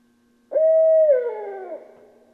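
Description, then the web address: Barred owl giving a single loud, drawn-out hooting call that holds steady and then slides downward into a hoarse, fading trail, with a low steady hum underneath. Recorded on 7 October 2012. "Barred Owl 2012 10 07"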